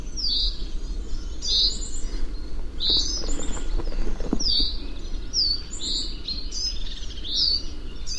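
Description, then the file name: Common chaffinch calls, high bright notes repeated roughly every second, a faint rustle midway, over steady low background noise. "Fringilla coelebs"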